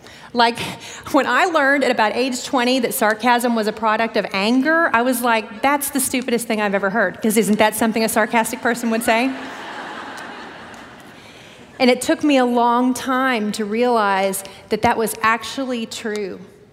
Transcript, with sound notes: Like when I learned at about age twenty that sarcasm was a product of anger, I was like, "That's the stupidest thing I've ever heard!" Because isn't that something a sarcastic person would say? (laughter) And it took me a long time to realize that that was actually true.